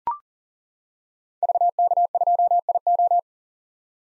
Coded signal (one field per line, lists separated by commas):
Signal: Morse code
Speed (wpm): 40 wpm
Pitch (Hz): 700 Hz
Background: none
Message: VK2IO